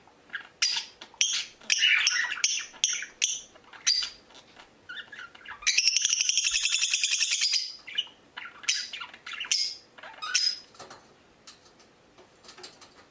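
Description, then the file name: Lilian's lovebird calls: dense, shrill chattering and squeaky chirps in rapid bursts, with a sustained buzzy screeching passage in the middle before the chatter resumes. "Agapornis lilianae"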